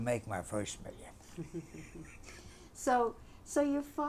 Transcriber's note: he laughs